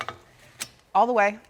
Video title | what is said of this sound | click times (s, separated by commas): Car seat installation safety - Parent Squad | You're lots of the times going to hear that click and you're gonna hear that ratcheting noise. | 0.0 s